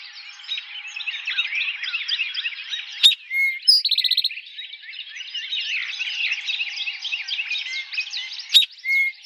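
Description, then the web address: Eastern towhee song phrase of a short clear note followed by a fast ringing trill, with the start of another phrase near the end, over a constant bird chorus. Recorded on 4 January 2007. "Eastern Towhee 2007 01 04"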